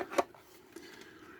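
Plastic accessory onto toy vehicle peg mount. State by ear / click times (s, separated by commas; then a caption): not seated / none. A plastic accessory with a peg at the top and bottom is handled against the peg mount of a Hasbro G.I. Joe Classified Series HMS toy vehicle. There is a brief, louder handling knock near 0.2 s, then quiet rubbing and light contact sounds. Nothing has seated or clicked into place yet.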